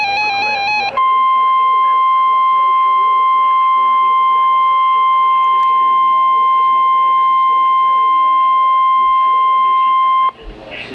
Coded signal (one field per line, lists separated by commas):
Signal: Emergency Alert System (SAME) tones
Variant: 1050 Hz attention tone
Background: speech, music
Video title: Severe Thunderstorm Warning (EAS #729)